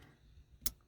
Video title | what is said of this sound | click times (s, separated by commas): ESP and Hill holder warning faults fix for a fiat 500 | click it in until it clicks | 0.7 s